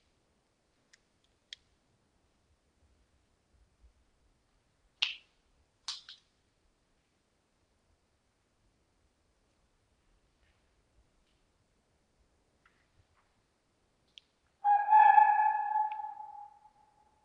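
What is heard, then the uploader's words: A red fox at night in near silence, with a few faint ticks early on. Two short, sharp, bright yelps come around five and six seconds, then a louder, drawn-out wavering cry near the end fades over about two seconds. Red Fox Activity at Night. Recording in winter, or what northern Michigan is giving us for a winter, requires patience and a lot of failed attempts. Then I saw another one and a minute later, started hearing them yip.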